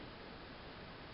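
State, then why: Not seated. An aluminum motorcycle footpeg, with its spring end hooked into its hole, is being rotated upward on the frame clevis, heard as a steady, quiet broadband hiss with no distinct click. Nothing has seated or clicked into place yet.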